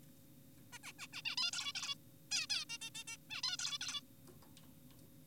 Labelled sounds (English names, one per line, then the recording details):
Zebra Finch
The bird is an adult
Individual g4p5U